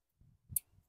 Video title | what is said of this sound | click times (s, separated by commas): 2010 Honda Civic Spark Plug change | plug in the connectors until you hear the click | 0.6 s